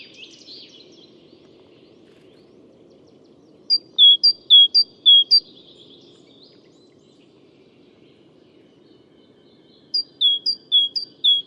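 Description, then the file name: Great tit giving bright two-note phrases, high then lower, in two runs, with a brief buzzy sound at the start and low background hum. "Parus major"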